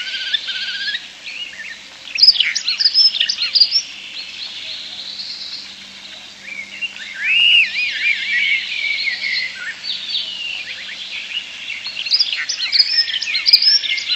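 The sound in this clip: European starling song: varied warbled phrases, looping whistles and clicking bursts, rising and falling in bouts over the stretch.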